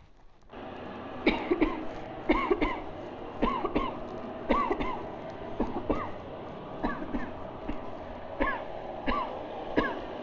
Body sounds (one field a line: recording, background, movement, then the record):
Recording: voluntary coughing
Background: traffic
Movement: sitting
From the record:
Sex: female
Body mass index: 36.4 kg/m2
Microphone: on the chest, facing outward